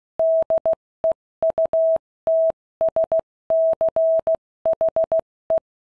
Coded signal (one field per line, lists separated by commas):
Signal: Morse code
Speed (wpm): 16 wpm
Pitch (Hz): 650 Hz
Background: none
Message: DEUTSCHE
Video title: FuG 10 Luftwaffe radio transceiver by Lorenz